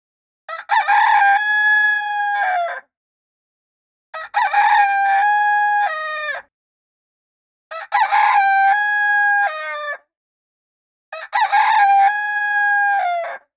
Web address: sons coq